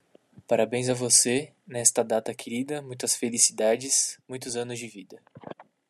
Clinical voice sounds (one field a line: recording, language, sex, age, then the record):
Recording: short text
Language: Brazilian Portuguese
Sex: male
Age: 20 to 29 years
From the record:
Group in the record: control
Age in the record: 24 years